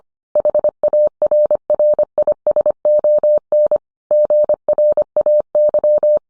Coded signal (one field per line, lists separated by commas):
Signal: Morse code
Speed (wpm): 25 wpm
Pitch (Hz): 600 Hz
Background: none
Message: HARRISON GRAY